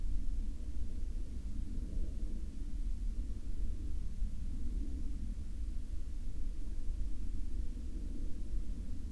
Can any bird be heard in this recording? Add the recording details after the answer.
no. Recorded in the Prudhoe Bay oil fields, Alaska, on 26 July 2019 at 00:46. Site 14